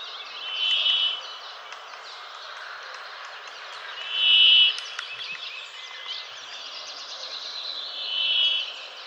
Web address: Fugle Kvaekerfinke